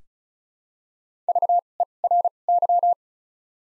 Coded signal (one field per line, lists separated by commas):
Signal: Morse code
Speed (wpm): 36 wpm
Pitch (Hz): 700 Hz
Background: none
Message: V E R Y